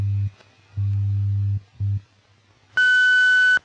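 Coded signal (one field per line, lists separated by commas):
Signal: radio time signal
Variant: WWV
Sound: three low hum pulses of different lengths, then a long high beep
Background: radio static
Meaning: The long tone marks the start of the new minute, here 00:00 UTC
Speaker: at the tone 0 hours 0 minutes coordinated universal time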